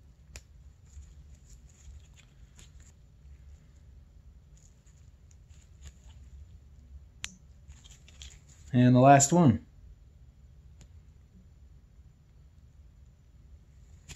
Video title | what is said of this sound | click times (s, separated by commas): 02 Arctic Cat ZR 600 EFI Part 8 [Stator Replacement] | you'll hear it click when it pops back in same thing for the green and red | 0.4 s, 7.2 s